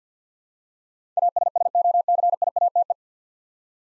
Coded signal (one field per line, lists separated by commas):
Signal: Morse code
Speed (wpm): 47 wpm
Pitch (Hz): 700 Hz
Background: none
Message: ASSOCIATE